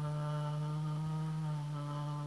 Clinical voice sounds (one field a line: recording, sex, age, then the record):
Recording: sustained vowel /a/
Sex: female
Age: 50 to 59 years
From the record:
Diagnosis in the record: amyotrophic lateral sclerosis, bulbar signs present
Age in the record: 53 years